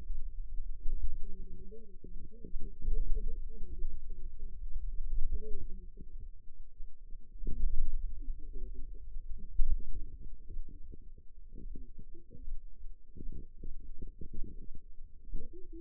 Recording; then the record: forearm muscle sounds (acoustic myography)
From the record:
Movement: pen grasping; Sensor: system 2, bracelet of six BSWA MPA416 microphones around the upper forearm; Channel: 2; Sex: female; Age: 21 years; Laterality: right